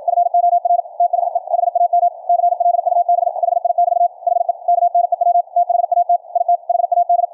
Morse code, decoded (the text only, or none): FOR THE HAM CLUB HI<BT> HE KNEW THAT IT HAD